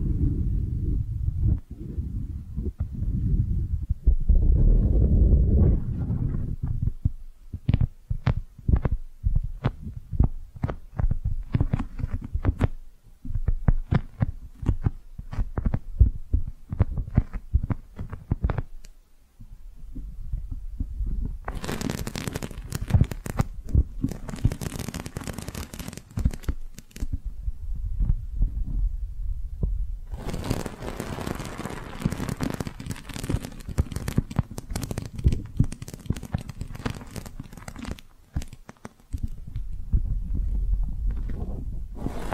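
Soft brushing and squishy sounds with dense low thumps, rapid crackly strokes, and two brighter hissing stretches around 22–27 and 30–38 seconds.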